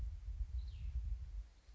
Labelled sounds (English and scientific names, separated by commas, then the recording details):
Cassin's Vireo (Vireo cassinii)
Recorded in Sonoma County, California